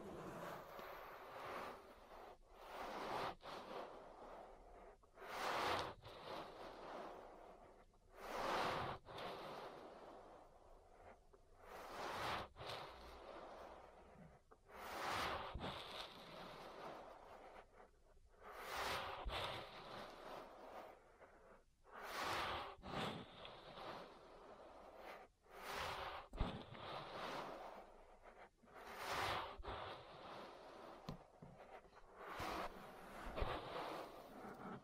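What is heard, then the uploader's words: An ear massage: soft, rustling rubs and swishes come in irregular strokes roughly every second or two, with a steady hiss between them. Some strokes land harder as thumpy brushes, around 9, 15 and 26 seconds, and the pace never settles into an even beat. ASMR Relaxing Ear Massage. (No Talking).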